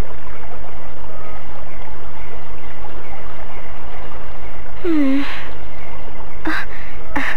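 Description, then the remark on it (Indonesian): River water rushes in a steady, constant flow while Raden Purbaya bathes in the river, with a few short splashing bursts breaking through near the end over a low, even hum. “Rupanya Raden Purbaya hanya ingin mandi di sungai itu.”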